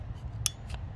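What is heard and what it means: With the choke lever of a Husqvarna chainsaw set to the run position (high idle), the throttle trigger is pulled close to the mic and the high-idle latch releases with a sharp click at 0.5 s. A fainter click follows at 0.7 s over a steady low hum, and the high idle is released.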